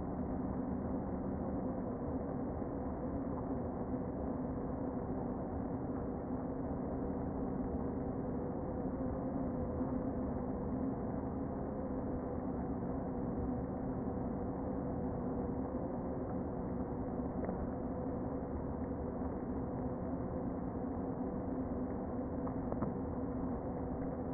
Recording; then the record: honeybee colony, microphone inside the hive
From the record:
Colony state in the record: queen present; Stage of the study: before two queens were removed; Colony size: about 60,000 bees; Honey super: yes